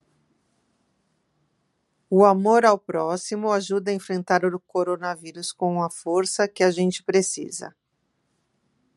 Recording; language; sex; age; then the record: spoken sentence; Brazilian Portuguese; female; 40 to 49 years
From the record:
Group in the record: control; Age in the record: 49 years